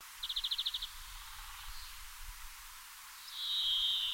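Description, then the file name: European greenfinch calls: a quick rattling trill of about eight notes, then, after a pause, a longer drawn-out wheezy note over a steady background hiss. "Chloris chloris"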